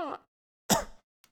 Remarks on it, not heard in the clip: That was not a fake cough. That was a dry cough. And I get those sometimes. It is not COVID.